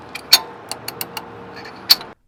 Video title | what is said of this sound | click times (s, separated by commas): PTO Link™ - Dealer Training Tutorial (original - 3/2021) | during the final slide to hear the ball bearings click | 0.3 s, 1.9 s